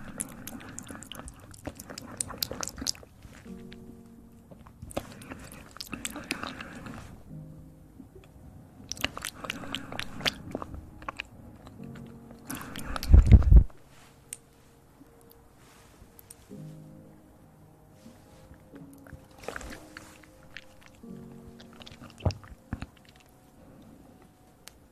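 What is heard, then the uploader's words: Mouth sounds: bursts of crisp, crackling clicks and crunches come in clusters every few seconds, like chewing or biting. The loudest burst lands around thirteen seconds, and a faint low steady hum with quiet gaps fills the time between bursts. Mouth sounds.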